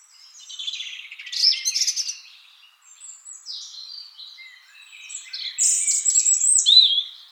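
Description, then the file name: European robin song of sweet, high, varied phrases with quick trills and descending slurs, separated by brief pauses. "Erithacus rubecula"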